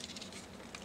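Plastic latch tabs at the middle and waist of a Magic Square (MS) Transformers Hun Tian Bao robot toy are pressed into the combined body while it is being put together. Sharp plastic clicks are heard at 0.0, 0.2 and 0.8 seconds over a faint background. All the waist locks snap shut and are seated.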